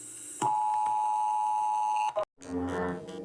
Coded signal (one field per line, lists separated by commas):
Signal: Emergency Alert System (SAME) tones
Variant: 853 and 960 Hz attention tone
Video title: All My Flags EAS Alarm